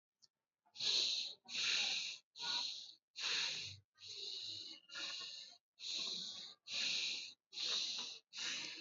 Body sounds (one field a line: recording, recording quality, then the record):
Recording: shallow breathing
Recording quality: moderate, slight background noise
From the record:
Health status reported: respiratory illness, not identified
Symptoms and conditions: asthma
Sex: male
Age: 19 years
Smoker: not ticked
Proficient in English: yes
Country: India